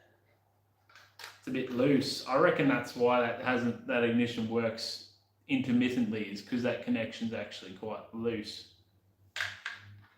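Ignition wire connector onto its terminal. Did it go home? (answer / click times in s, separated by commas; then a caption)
yes / 9.7 s. Someone talks over an ignition wire connector that was found loose on its terminal, a looseness believed to cause the ignition to work intermittently. After the connector terminal is squeezed slightly and pushed back on, it seats with a sharp click at 9.7 s, and the connection is confirmed seated.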